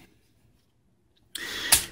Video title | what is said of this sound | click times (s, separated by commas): Transformers Generations Combiner Wars - MOTORMASTER review | bring the rest of the lace forward and the torso clicks into place here that nice ratcheting sound gotta | 1.4 s, 1.7 s